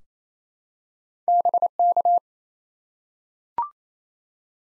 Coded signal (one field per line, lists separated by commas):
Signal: Morse code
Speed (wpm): 28 wpm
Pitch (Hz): 700 Hz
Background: none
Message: BK